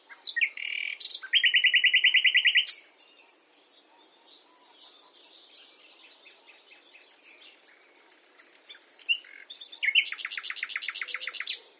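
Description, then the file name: Common nightingale song: loud, rich, rapidly repeated notes that stop for a spell of quiet chattering, then a powerful buzzy rattle resumes near the end. "Luscinia megarhynchos"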